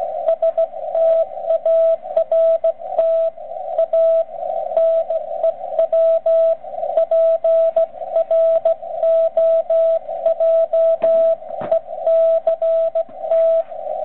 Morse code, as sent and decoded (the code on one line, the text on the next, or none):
... - .- .-. - / .- / -. . .-- / .--. .-. --- .--- . -.-. -
START A NEW PROJECT